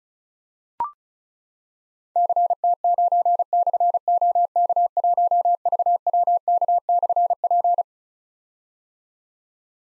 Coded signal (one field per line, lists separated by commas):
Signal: Morse code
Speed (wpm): 36 wpm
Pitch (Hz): 700 Hz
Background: none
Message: CT9/OK1VWK/P